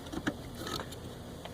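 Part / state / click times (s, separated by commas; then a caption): high beam headlight bulb into car headlight housing / not seated / none. A high beam headlight bulb is pushed into the headlight housing of a 1999–2001 Acura TL and rotated, making faint scraping and small plastic ticks, with the sharpest tick near 0.3 s. The bulb has not clicked or seated into place yet.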